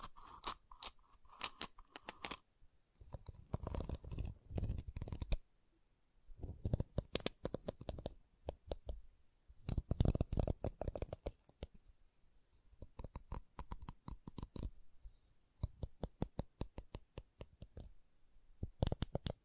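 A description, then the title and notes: Wooden tapping and clicking in bursts of quick, sharp knocks, some with a dull low thud beneath. Rapid runs near the start, around 5–7 seconds, and near 10 seconds give way to sparser clicks, with short silent gaps between clusters and a faint scratchy texture. ASMR Calming Wood Triggers for Sleep (No Talking).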